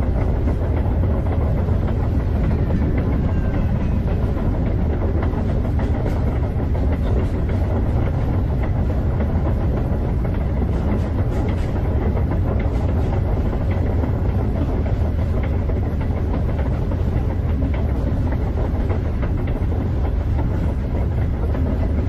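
A train runs past or carries on, with a deep, steady rumble filling the whole 22 seconds at an even, loud level. Dense rattling and faint rhythmic clacking ride over the low roar, a little sharper around the middle.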